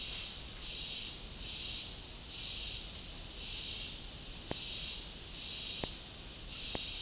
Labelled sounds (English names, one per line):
none